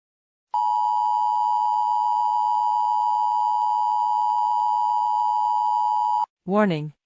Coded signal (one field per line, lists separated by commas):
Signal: Emergency Alert System (SAME) tones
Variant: 853 and 960 Hz attention tone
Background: speech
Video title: EAS Scenario | 1 | “The First to Come”